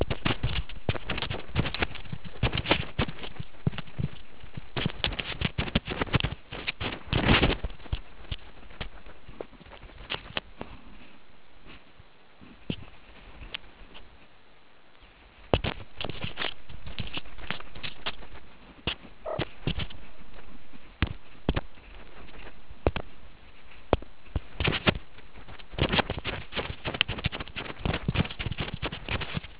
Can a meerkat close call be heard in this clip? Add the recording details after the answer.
yes. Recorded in the Kuruman River Reserve, South Africa. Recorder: an audio tag on a meerkat's collar